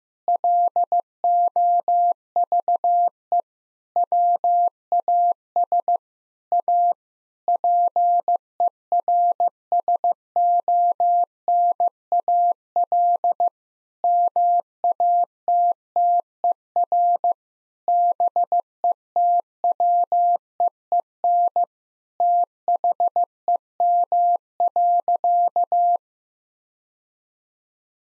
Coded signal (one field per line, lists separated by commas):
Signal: Morse code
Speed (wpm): 15 wpm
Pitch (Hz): 700 Hz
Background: none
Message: LOVE WAS A PERSONAL MATTER BETWEEN THEM.